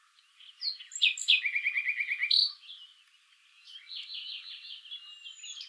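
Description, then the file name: Common nightingale song: sharp opening notes, then a fast rattling series of repeated notes, and after a short pause a softer, varied warbled stretch. "Luscinia megarhynchos"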